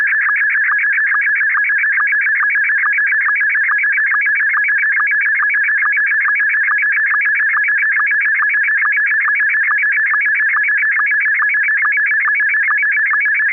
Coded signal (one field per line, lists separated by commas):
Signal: SSTV (slow-scan television)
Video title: RX SSTV Mima perfect blue (loud noise warning)